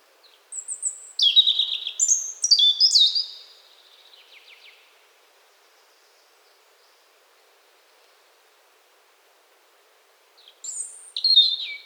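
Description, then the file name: European robin song: a rapid, varied phrase of high thin whistles and short trills, then a long silence before another sparkling phrase begins. "Erithacus rubecula"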